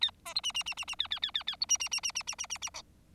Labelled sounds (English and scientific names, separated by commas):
Bengalese Finch (Lonchura striata domestica) song